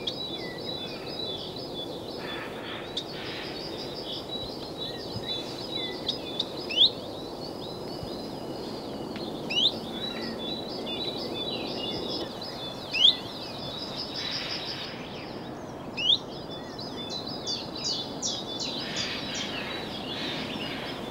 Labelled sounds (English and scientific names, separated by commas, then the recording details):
Common Chiffchaff (Phylloscopus collybita) song
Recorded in the wild
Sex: male
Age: adult
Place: Villach, Kärnten, AT
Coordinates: 46.59, 13.825
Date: 1971-04-20
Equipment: Uher 4100 Report-V, Sennheiser MKH 804
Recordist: Brunner, Thomas
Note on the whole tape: Auf der Napoleonwiese in Villach aufgenommen